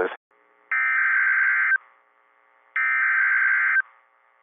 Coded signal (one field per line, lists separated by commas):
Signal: Emergency Alert System (SAME) tones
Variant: header bursts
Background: speech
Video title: EAS Alerts From 6/29/23 (EAS #1868-1883)